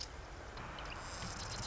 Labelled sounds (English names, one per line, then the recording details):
Marsh Wren
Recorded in Sonoma County, California